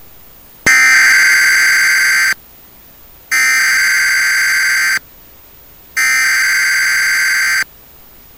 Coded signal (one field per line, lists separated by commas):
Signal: Emergency Alert System (SAME) tones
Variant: header bursts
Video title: Alerta oficial del SNM en San Juan 14-08-24 #EAS #tormentatropical #Ernesto #aviso #inundaciones